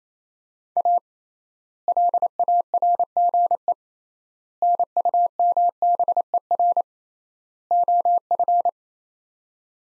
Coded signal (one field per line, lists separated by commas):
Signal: Morse code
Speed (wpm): 28 wpm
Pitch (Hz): 700 Hz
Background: none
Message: A LARGE NUMBER OF